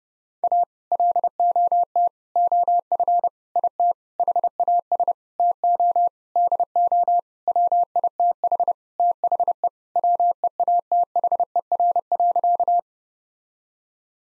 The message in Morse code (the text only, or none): A LOT OF IT HAS TO DO WITH THE WEATHER.